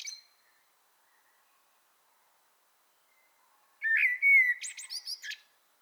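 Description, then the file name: Common blackbird: the tail of one phrase, a long silence, then a song phrase of a rich, warbled low whistle ending in a rapid burst of thin, high twittering notes. "Turdus merula"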